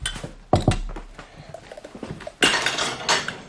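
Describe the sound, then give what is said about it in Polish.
Plates and glasses clatter and clink as plates are taken out and glasses wiped, with sharp bright knocks early on and a louder burst of rattling dishes near the end, no voices. “Wyjmiesz talerze? Ja przetrę kieliszki.”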